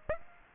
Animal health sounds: mosquito wingbeat signal from an infrared sensor; Aedes aegypti

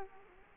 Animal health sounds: mosquito wingbeat signal from an infrared sensor; Culex quinquefasciatus

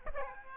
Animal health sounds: mosquito wingbeat signal from an infrared sensor; Aedes aegypti

